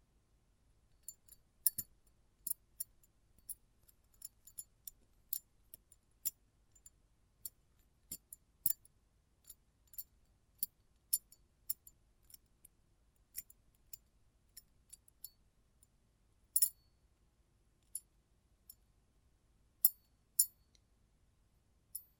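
Close-up metallic sounds: sharp, bright little clicks and snips tick irregularly, a few per second, against near silence in a small quiet room.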